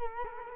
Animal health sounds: mosquito wingbeat signal from an infrared sensor; Culex quinquefasciatus

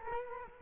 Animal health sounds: mosquito wingbeat signal from an infrared sensor; Culex quinquefasciatus

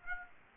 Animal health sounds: mosquito wingbeat signal from an infrared sensor; Aedes aegypti

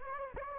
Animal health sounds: mosquito wingbeat signal from an infrared sensor; Anopheles gambiae

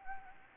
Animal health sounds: mosquito wingbeat signal from an infrared sensor; Anopheles gambiae

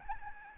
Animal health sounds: mosquito wingbeat signal from an infrared sensor; Aedes albopictus

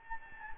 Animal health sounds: mosquito wingbeat signal from an infrared sensor; Anopheles gambiae

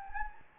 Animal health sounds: mosquito wingbeat signal from an infrared sensor; Anopheles gambiae

